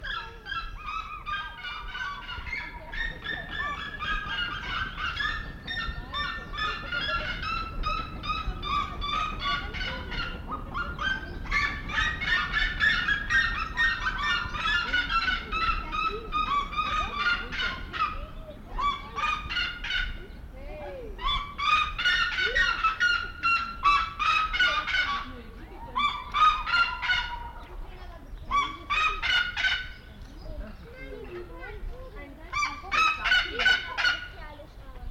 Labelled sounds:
Red-legged Seriema call
Black-legged Seriema
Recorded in captivity
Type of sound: call, call sequence
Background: Chunga burmeisteri
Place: Zoo Berlin, Berlin, DE
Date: 1992-07-25 10:43
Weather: sonnig (heiter - schwül), 23-26°C
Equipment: Marantz CP 430, Sennheiser ME 80, Kopie Tesla B 116
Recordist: Tembrock, Günter
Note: Rufreihen, dazwischen Tschunja

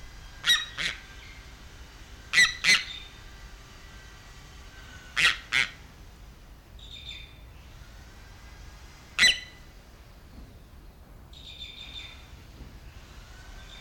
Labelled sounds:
Harpy Eagle
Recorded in captivity
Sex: pair
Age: subadult
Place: Tiergarten Nürnberg, Bayern, DE
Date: 1995-09-08
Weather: sonnig, ca. 11°C
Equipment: Nagra SN, Sennheiser ME 80, Kopie Uher 4000 Report Monitor
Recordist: Tembrock, Günter
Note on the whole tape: Aufzuchtstation: fast adulte Tiere: Männchen - Lautfolgen, Weibchen - Langlaute, auf Beobachter bezogen

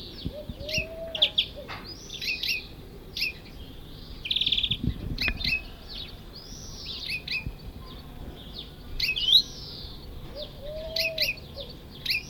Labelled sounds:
Eurasian Collared Dove
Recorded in the wild
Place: Bergen, Gartenstraße 21, Mecklenburg-Vorpommern, DE
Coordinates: 54.41, 13.43
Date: 1969-04-04
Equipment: NAGRA III BH, Sennheiser MD 421
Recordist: Schubert, Michael

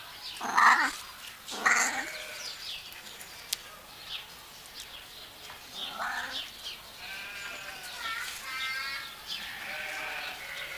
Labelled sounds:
Wildcat call
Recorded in captivity
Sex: male
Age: adult
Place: Tierpark Berlin, Berlin, DE
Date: 1983-03-12 11:25
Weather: sunny, -2° to 2°, no wind
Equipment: Nagra SN, Sennheiser MKH 416 T, Kopie Uher 4000 Report Monitor
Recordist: Tembrock, Günter

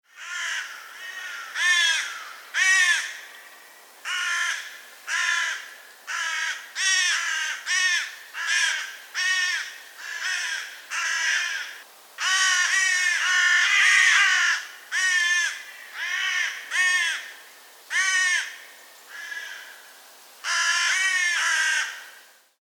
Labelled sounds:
Carrion Crow
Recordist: Tembrock, Günter
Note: Trupp: Flugrufe

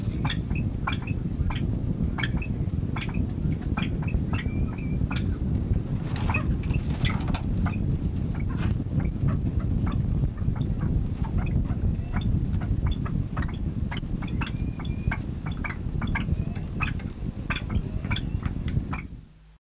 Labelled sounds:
Golden Pheasant call
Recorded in the wild
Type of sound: call
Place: Laatzen, Niedersachsen, DE
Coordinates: 52.3089, 9.8081
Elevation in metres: 63
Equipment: Halbspur, 9,5 cm/s
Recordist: Lütgens, Hans
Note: Ein Paar will sich zur Ruhe setzen, fühlt sich durch uns gestört

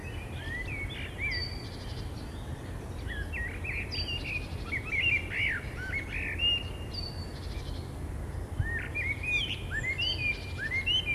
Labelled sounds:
Common Blackbird song
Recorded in the wild
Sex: male
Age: adult
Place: Gosener Berge, Berlin, DE
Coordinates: 52.3842, 13.6947
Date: 1990-04-13 18:42
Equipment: Riporter 6 RG-K, Halbspur, Sennheiser MKH 416 T
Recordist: Frommolt, Karl-Heinz

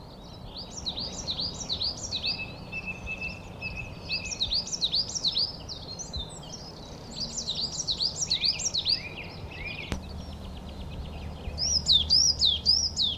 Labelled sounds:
Coal Tit
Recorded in the wild
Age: adult
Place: Mirnock, Kärnten, AT
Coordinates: 46.758, 13.714
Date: 1972-04-03
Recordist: Brunner, Thomas

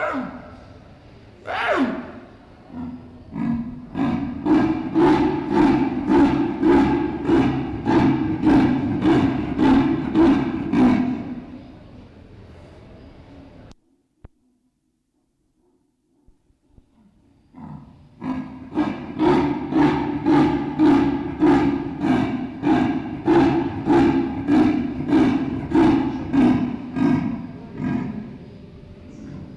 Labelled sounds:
Leopard call
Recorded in captivity
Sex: female
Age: adult
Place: Tierpark Berlin, Berlin, DE
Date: 1965-01-31 13:00
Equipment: Telefunken Magnetophon 300, Sennheiser MD 421, Transistorverstärker 2
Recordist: Tembrock, Günter

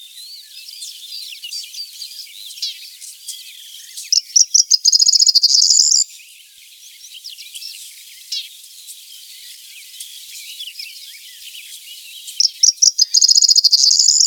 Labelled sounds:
Corn Bunting song
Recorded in the wild
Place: Waltershofen / Freiburg im Breisgau, Baden-Württemberg, DE
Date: 1976-06-13
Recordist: Schwarz, Dieter

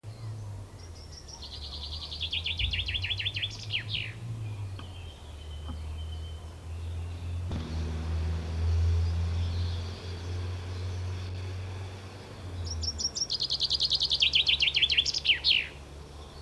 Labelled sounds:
Common Chaffinch song
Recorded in the wild
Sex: male
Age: adult
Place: Schloß Holte-Stukenbrock, Senne, Nordrhein-Westfalen, DE
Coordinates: 51.8672, 8.66139
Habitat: dune
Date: 1972-05-23
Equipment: Uher 4200 Report Stereo, Bändchenmikro Beyer M 260, Parabolspiegel Polyester (600 mm)
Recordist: Conrads, Klaus
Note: Düne bei Hof Brock (Furlbach-Gebiet). Männchen: Gesang

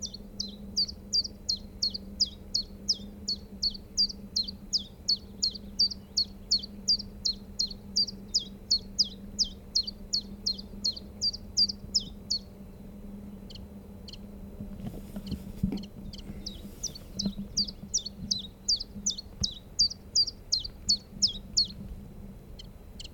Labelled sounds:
Willow Warbler
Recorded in the wild
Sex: male
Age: adult
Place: Hallthurm, Bayern, DE
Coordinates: 47.7, 12.9333
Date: 1964-07-01
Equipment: LGS26
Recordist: Stumbrat

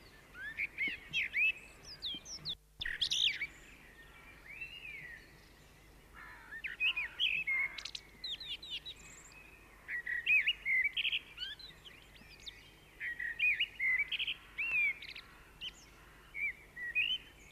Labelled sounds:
Common Blackbird song
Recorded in the wild
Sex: male
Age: adult
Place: Garmisch-Partenkirchen, Bayern, DE
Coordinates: 47.4917, 11.0792
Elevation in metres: 703
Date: 1967-03-25
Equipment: Nagra
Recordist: Tretzel, Erwin

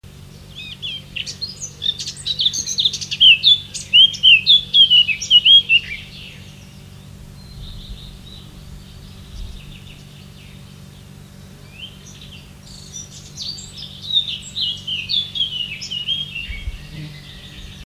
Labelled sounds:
Eurasian Blackcap song
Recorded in the wild
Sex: male
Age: adult
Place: Schloß Holte-Stukenbrock, Senne, Nordrhein-Westfalen, DE
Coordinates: 51.8669, 8.65333
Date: 1973-06-11
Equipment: Uher 4200 Report Stereo, Bändchenmikro Beyer M 260, Parabolspiegel Polyester (600 mm)
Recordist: Conrads, Klaus
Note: Jägerkrug (Furlbach-Gebiet). Männchen: Gesang

